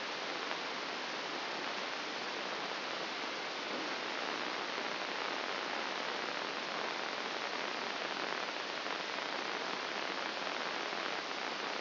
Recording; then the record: brain microelectrode recording played as sound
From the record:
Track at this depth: inside the subthalamic nucleus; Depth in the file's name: 2.704 mm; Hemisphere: left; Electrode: 2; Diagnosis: Parkinson's disease